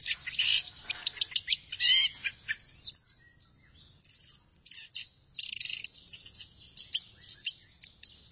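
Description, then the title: Thrush song packed with rapid, harsh high chirps and trills, a brief lull near three seconds, then more quick scratchy phrases. "burung anis x"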